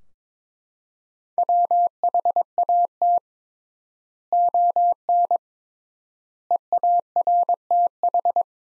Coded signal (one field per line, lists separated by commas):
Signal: Morse code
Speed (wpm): 22 wpm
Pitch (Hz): 700 Hz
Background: none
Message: WHAT ON EARTH